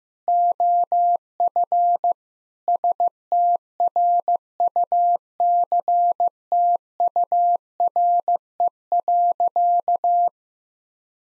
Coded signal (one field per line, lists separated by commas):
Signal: Morse code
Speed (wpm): 14 wpm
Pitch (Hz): 700 Hz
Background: none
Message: OF STRUCTURE.